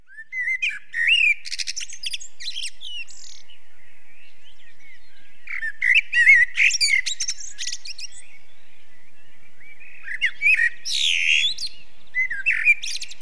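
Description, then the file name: Common blackbird singing repeated phrases, each mixing lower whistles with dense, high-pitched twittering, separated by short silences. Song described in Slovenian as žvrgolenje, meaning warbling. "Kos-žvrgolenje"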